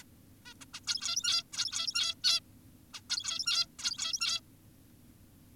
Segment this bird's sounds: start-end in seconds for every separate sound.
0.02-0.04, 0.46-0.54, 0.61-0.65, 0.74-0.80, 0.87-1.43, 1.53-2.15, 2.24-2.40, 2.94-3.01, 3.10-3.66, 3.79-4.40